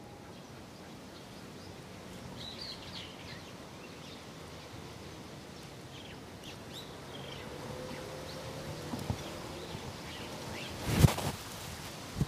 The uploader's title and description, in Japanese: 公園、鳥がいっぱい。公園にある大きな木にいろんな種類の鳥が集まっていました。